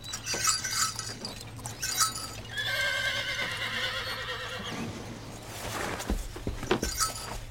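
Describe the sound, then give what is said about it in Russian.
A horse with a carriage, outside on the street, gives a long, high, quavering whinny, framed by bursts of sharp hoof clip-clops before and after. A steady low hum runs underneath throughout. “Выйдя на улицу, Лиза увидела лошадь с каретой.”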